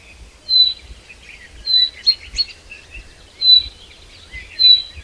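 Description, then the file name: Common chaffinch call, a thin high note repeated every second or so, with a burst of lower chattering birdsong in between. "Fringilla coelebs"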